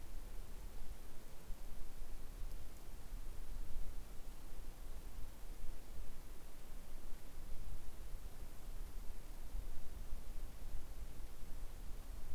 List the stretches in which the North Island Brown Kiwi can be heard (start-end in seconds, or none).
none